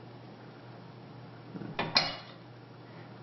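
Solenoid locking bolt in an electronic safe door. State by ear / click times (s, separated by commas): released / 2.0 s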